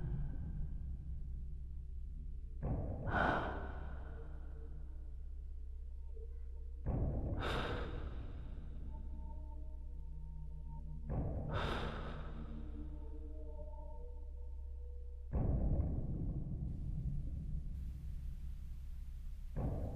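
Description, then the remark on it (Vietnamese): Labored, wheezy breathing repeats in four heavy cycles, each a sharp raspy inhale followed by a long rattling exhale, over a steady low hum, with no one speaking. “Trong không gian chỉ còn lại tiếng thở khò khè và nặng nề.”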